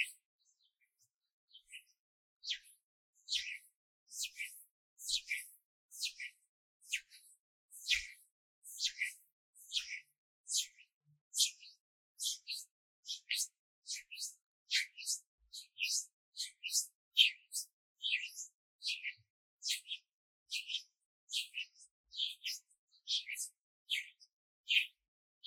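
Hand sounds: a run of brief, crisp, bright snaps or taps, starting after a couple of seconds and repeating about twice a second, slightly uneven, to the end. Dry, with near silence between them and nothing low underneath.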